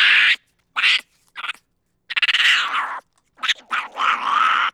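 Monkey giving harsh, raspy chattering calls in short bursts, with one stuttering pulsed run midway and a longer wavering squeal at the end, separated by silent gaps.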